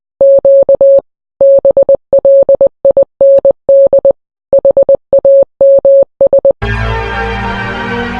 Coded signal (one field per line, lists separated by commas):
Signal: Morse code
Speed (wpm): 20 wpm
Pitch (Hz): 550 Hz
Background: music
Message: Q BLIND HAMS